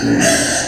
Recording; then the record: squeal of a Yucatan mini pig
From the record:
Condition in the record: before surgery on the right vocal fold (resection and tissue-engineered implant); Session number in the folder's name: 3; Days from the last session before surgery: 0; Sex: female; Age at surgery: 19 weeks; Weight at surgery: 25 kg